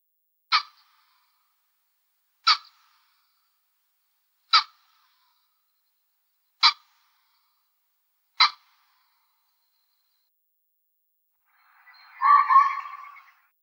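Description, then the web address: Common pheasant giving short, sharp clipped notes about every two seconds, five in a row, followed by a harsher, rougher burst. "Uzbek hayvonlar. Phasianus colchicus"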